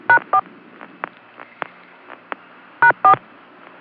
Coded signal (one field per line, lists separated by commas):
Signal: DTMF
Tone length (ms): 90 ms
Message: #4 #4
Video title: Phreaks from Esquire article on "052" conference, part 1, January 1972